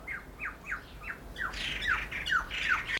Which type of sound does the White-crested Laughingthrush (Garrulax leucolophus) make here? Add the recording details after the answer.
call. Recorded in captivity. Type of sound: call, call sequence. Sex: male. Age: adult. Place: Zoo Berlin, Berlin, DE. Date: 1995-04-01 12:00. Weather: bedeckt - heiter, 6 - 8 °C, böiger Wind. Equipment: Marantz CP 430, Sennheiser ME 80, Kopie Uher Variocord 263. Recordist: Tembrock, Günter. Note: Männchen: Lautfolge. Entfernung: ca. 8 m. Nochmals kurz Grünfink